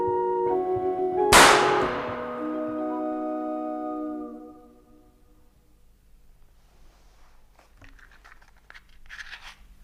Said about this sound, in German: Dieser Schuss, meine Damen und Herren, und die Melodie auf der Drehorgel, die Sie soeben hörten, waren der Schlüssel zu einem seltsamen Kriminalfall